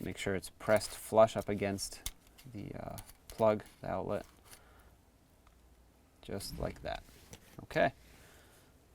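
Someone talks while handling the wiring harness connector at the back terminals of the replacement lighter/power outlet socket on a 2003-2021 Chevrolet Express, with only faint handling noise between the phrases. The connector is not yet pushed home, and nothing has seated or clicked yet.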